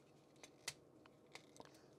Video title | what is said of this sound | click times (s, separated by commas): Transformers Missing Link C-01 & C-02 Optimus Prime | and then just kind of pull them apart at the crotch till they click into place | 0.7 s